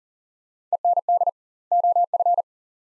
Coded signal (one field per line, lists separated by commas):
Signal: Morse code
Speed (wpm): 40 wpm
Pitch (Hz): 700 Hz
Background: none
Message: END OF